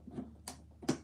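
With a Howard Miller clock resting on a leg, the twist latch on the back panel of the clock case is turned and gives a sharp click at 0.5 s as it releases and the panel opens. Soft handling noises come before it, and a louder handling knock follows at about 0.9 s.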